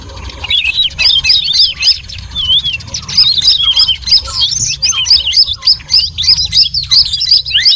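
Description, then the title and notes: Birds in a chorus of rapid, high squeaky chirps and brief squawks, several callers overlapping in an unbroken chatter. Noisy bird chatter used for luring (pikat) birds. "Master Burung Ribut. Burung Ribut Pikat"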